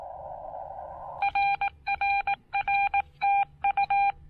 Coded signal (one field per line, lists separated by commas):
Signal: Morse code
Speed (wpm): 18 wpm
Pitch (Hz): 810 Hz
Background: none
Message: RRR TU